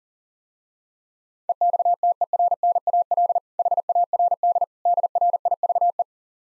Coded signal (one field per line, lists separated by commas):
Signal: Morse code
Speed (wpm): 40 wpm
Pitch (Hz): 700 Hz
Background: none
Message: EXTERNAL HARD DRIVE